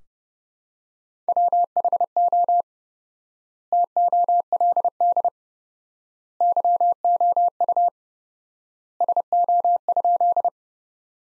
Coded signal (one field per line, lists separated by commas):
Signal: Morse code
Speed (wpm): 32 wpm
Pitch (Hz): 700 Hz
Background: none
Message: WHO TOLD YOU SO?